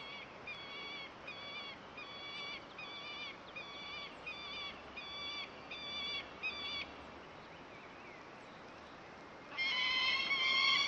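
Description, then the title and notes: Peregrine falcon calling in a steady series of harsh, ringing notes about twice a second, a pause, then a louder, richer call at the end. Calls recorded in various parts of the world. "Verso del falco pellegrino. Angolo dei Bimbi"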